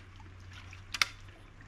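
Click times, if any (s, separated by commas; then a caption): 0.9 s, 1.0 s. The handle section of an Outdoor Master Solar Spirit All Round iSUP paddle is pushed onto the paddle shaft until its spring button snaps home. Against a low steady hum, two sharp clicks come at 0.9 s and 1.0 s, the second louder. The handle is seated on the shaft.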